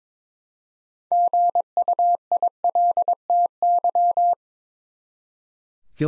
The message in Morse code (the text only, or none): GUILTY